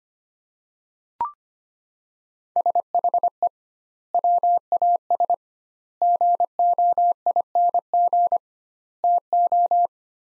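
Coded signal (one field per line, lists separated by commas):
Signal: Morse code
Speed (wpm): 25 wpm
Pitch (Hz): 700 Hz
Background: none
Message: SHE WAS GOING TO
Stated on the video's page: Practice sets of four words at 25 wpm with 2x word spacing, a Farnsworth-like method applied to words.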